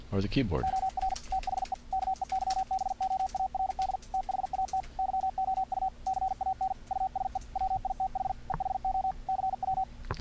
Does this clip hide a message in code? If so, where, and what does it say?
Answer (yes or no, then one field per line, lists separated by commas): yes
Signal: Morse code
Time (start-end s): 0.6-9.8 s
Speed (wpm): 50 wpm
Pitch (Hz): 760 Hz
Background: speech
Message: OR THE KEYBOARD THAT YOU CAN USE WITH EHO CW